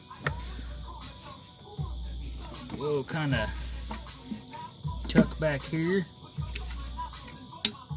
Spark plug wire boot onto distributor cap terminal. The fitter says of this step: i don't know if you guys can hear the snap you want to hear that snap